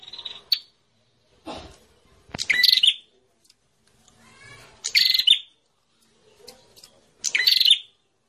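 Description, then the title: Prinia giving scattered bursts of harsh, buzzy chatter with a short whistled tail, separated by pauses of a couple of seconds. Noisy prinia calls used as a lure for catching prinias, including the red-headed prenjak. "Suara Prenjak Ribut Ampuh Buat Pikat Burung Prenjak Kepala Merah Prenjak Tamu"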